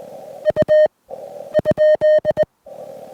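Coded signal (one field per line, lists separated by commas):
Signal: Morse code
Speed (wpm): 19 wpm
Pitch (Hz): 3050 Hz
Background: none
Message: U ?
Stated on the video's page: Parks on the Air activation using a Venus SW-3B with battery and key.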